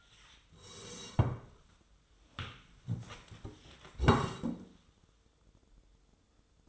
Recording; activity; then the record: daily activity, microphone in the room; sit down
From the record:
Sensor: 3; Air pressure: 1005.2 hPa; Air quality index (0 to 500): 95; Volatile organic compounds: 3 ppm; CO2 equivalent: 1479 ppm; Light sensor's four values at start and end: 9/19/8/8 and 10/22/9/9